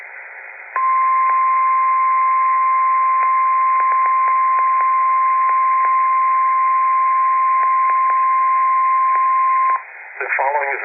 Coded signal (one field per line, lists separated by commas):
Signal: Emergency Alert System (SAME) tones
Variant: 1050 Hz attention tone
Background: speech